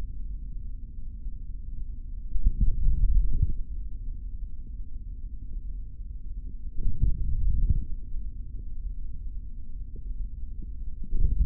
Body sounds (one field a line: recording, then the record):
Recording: forearm muscle sounds (acoustic myography)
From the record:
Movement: hand closing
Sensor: system 3, bracelet of six PUI Audio POM-2738L microphones around the upper forearm, with dedicated amplification and filtering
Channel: 2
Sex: male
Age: 26 years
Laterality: right